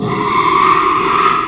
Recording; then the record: squeal of a Yucatan mini pig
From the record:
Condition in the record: after surgery on the right vocal fold (resection and tissue-engineered implant); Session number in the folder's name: 1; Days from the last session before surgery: 6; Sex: male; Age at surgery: 12 weeks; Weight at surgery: 13 kg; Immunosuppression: cyclosporine, prednisolone